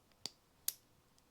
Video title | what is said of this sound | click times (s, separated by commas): MX5 MIATA TURBO ENGINE WIRING : MX5 MIATA TURBO BUILD pt60 | and it should make a nice click | 0.3 s, 0.7 s